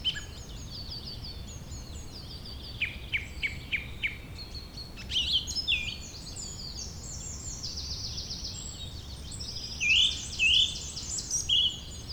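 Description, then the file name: Mixed birdsong: a series of chirps, a sudden sweeping note, and two loud slurred whistles near ten seconds, among continuous high trilling. "beautiful Birdsong"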